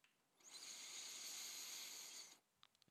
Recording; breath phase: one breath near a microphone; inhalation